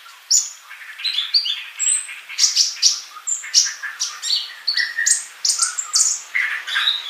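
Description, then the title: Bird song with varied high chirps, short whistles and a few lower notes, poured out in a steady busy sequence. "Kicau Burung"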